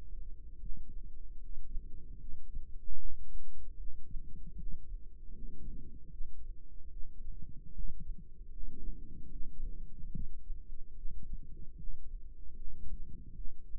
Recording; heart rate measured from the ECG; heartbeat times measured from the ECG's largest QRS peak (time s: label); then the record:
heart sounds by microphone in the right ear; 75 bpm
0.57 s: heartbeat
1.36 s: heartbeat
2.16 s: heartbeat
2.94 s: heartbeat
3.74 s: heartbeat
4.53 s: heartbeat
5.29 s: heartbeat
6.08 s: heartbeat
6.88 s: heartbeat
7.70 s: heartbeat
8.48 s: heartbeat
9.28 s: heartbeat
10.10 s: heartbeat
10.93 s: heartbeat
11.74 s: heartbeat
12.52 s: heartbeat
13.33 s: heartbeat
From the record:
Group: healthy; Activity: rest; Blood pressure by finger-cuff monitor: 92/56 mmHg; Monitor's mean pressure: 70 mmHg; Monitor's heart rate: 75 bpm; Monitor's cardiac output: 6.4 L/min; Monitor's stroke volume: 86 mL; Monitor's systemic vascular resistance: 770 dyn s/cm5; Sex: female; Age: 26 years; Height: 165 cm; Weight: 55 kg